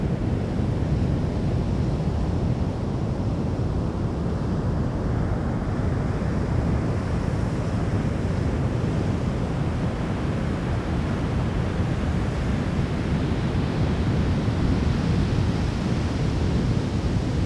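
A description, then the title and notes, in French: The Atlantic rumbles in a dense, unbroken roar, heaviest in the low end with a hissing wash above it. The level holds steady throughout, with no distinct wave breaks standing out, only constant churning surf and a wind-like rush. Grondement de l'Atlantique. Plage d'Ondes près de Bayonne. Ce matin pas un souffle de vent sur la plage d'Ondes, les rouleaux de l'Atlantique roulent et grondent en s'écrasant sur le sable coquillier ocre, un vent de terre retient quelques instants les vagues en suspend. Peux de détails apparaissent, les graves et les basses couvrant le paysage sonore.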